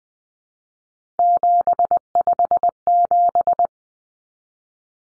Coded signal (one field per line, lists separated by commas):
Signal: Morse code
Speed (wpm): 20 wpm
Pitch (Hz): 700 Hz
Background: none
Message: 757